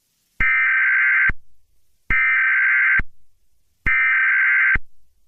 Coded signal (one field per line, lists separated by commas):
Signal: Emergency Alert System (SAME) tones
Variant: header bursts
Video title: (joke) EAS Scenario #20: Frickin bimbos...